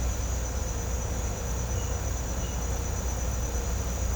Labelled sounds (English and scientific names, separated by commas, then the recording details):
none
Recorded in pastures near Puerto Asís, Putumayo, Colombia, on 16 December 2024 at 08:30
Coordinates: 0.502, -76.324
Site G077